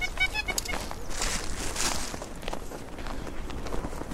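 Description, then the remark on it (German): A just-ringed Mandarin duck flaps its wings frantically as it flies back to its fellow ducks on Hiddensee, Germany, in early April, in a rapid, fairly loud burst of whooshing beats that trails off into scattered flutters, with faint bird chirps at the start. “Die Ente flattert hektisch zurück zu ihren Artgenossen.”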